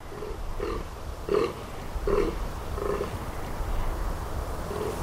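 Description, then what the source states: Fallow deer groans: several short, hoarse belching calls, uneven in rhythm, over a low background rumble. Rutting male fallow deer in late October in Phoenix Park, Dublin; the males are very vocal as they assert authority.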